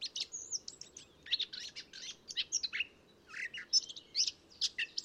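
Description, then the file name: Eurasian blackcap warbling: a busy stream of high chirps, whistles and trills over a noticeable rushing background noise, the phrases tumbling together almost without pause. "Sylvia atricapilla"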